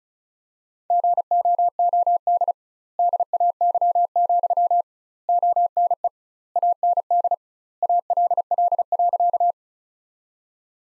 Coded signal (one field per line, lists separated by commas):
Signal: Morse code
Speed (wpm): 34 wpm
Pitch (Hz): 700 Hz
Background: none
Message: GOOD DAY, ONE AND ALL.